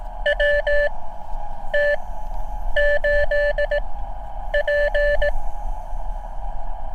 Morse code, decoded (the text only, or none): WT8P